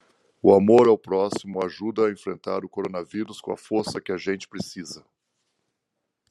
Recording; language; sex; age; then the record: spoken sentence; Brazilian Portuguese; male; 40 to 49 years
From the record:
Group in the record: control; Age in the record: 46 years